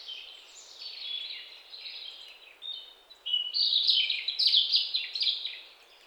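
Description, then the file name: European robin singing: a soft, wavering warble first, then a louder, brighter burst of high twittering and trilled notes in the second half. "Erithacus rubecula"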